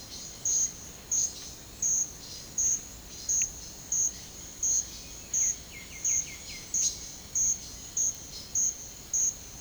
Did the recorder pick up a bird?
yes